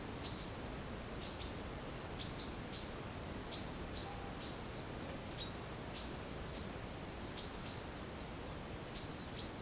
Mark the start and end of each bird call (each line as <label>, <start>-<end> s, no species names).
bird call, 0.00-9.61 s